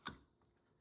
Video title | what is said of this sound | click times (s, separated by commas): The First Check Engine Light on my FJ Cruiser | okay, so it's got a ratcheting click system, but it does clicks good. | 0.1 s